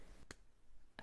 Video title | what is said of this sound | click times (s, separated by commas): How to Crochet a Derpy Tiger - Kpop Demon Hunters Amigurumi Tutorial (Low Sew) Step-by-Step Tutorial | And you want to make sure that you get a good little click from your safety eye washer and that that's nice and in place. | 0.3 s, 1.0 s